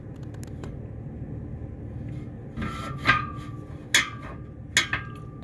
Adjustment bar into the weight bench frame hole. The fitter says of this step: and then it locks into place in the back just like these ones do and then you can have it